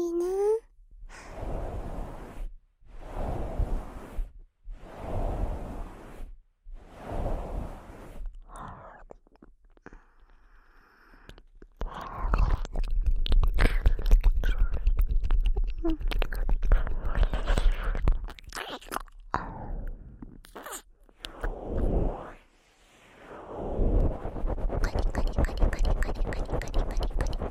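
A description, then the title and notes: Ear eating sounds: soft, breathy mouthing comes in regular bursts about every second and a half for the first ten seconds. After a quiet stretch, denser wet clicks and crackles run almost continuously, pausing briefly near the twenty-two-second mark before resuming. ASMR Christmas Ear Eating.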